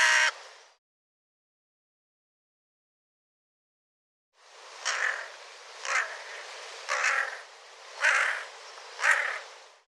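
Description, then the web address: Bird giving a harsh caw, then after a pause a softer series of five rasping caws about one second apart. "cianscape birddata Deverinetal 2025"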